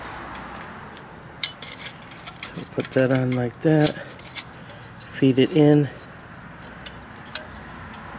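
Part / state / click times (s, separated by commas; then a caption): metal leg clip into grill kettle leg socket / not seated / none. A metal leg clip is handled and fed into the leg socket on a Weber Master-Touch kettle grill while someone talks, with a few short metallic taps and clinks around 1.4, 2.4, 2.8, 6.9 and 7.4 seconds. The clip has not snapped in yet; nothing has seated or clicked.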